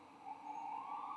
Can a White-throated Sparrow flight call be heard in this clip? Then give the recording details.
no. No flight call is heard. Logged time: 23:18 on 14 November 2014